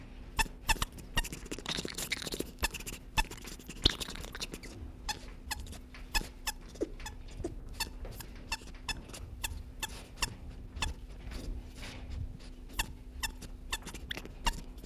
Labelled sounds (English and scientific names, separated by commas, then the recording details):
South American Coati (Nasua nasua)
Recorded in captivity
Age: adult
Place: Tierpark Berlin, Berlin, DE
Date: 1965-03-06 14:00
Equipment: Telefunken Magnetophon 300, Sennheiser MD 421, Transistorverstärker
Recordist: Tembrock, Günter
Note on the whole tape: Roter Nasenbär (geführt als Nasua rufa): Diverse Lautformen, wird von Pflegerin gestreichelt, dabei schmatzende Lippenbewegungen, z.B. Beknabbern der eigenen Vorderpfote. Abstand ca. 50 cm. Aufnahme von 14.00 bis 18.00 Uhr